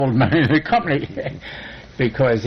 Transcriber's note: laughter